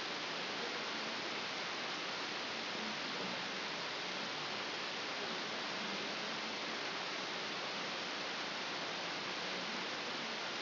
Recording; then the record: brain microelectrode recording played as sound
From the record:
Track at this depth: outside the subthalamic nucleus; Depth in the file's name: 7.505 mm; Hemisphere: left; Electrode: 2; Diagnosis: Parkinson's disease